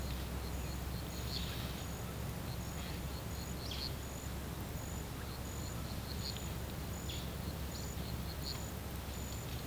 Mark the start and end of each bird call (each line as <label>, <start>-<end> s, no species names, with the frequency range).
bird call (2.4-5.5 kHz), 0.69-9.59 s